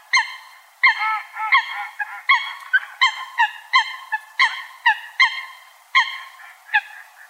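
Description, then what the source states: Eurasian coot giving loud nasal, honking calls in an uneven series, some notes overlapping as if from more than one bird. Recorded in a park in Tokyo, Japan.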